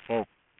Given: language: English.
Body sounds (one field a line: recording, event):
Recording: throat vibration sensor signal played as sound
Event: speech